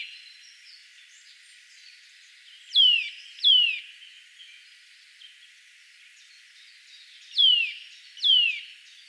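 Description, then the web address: Eurasian nuthatch song of sharp descending whistles in two pairs, separated by several seconds of near quiet. "vogelstimmen kleiber gesang nabu lars lachmann"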